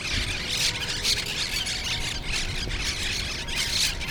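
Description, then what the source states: Parrots squawking in a busy, scratchy stream of harsh calls. Recorded in Brooklyn.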